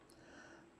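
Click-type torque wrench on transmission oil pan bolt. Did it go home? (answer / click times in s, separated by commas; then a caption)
yes / 0.1 s. A click-type torque wrench tightens a transmission oil pan bolt on a 10th-generation Honda Civic during a second pass around the pan. A single sharp, brief click at 0.1 s shows the wrench reaching its torque setting, followed by a steady low background hiss.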